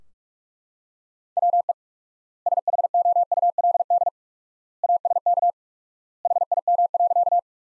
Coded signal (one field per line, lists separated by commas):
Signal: Morse code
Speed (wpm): 42 wpm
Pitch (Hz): 700 Hz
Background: none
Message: WE SHOULD ASK HIM.